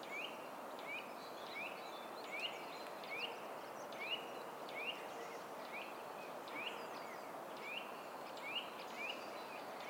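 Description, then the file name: Eurasian nuthatch calling with clear rising piping notes in an uneven repeated series, over a steady hiss of background noise. "Sitta europaea"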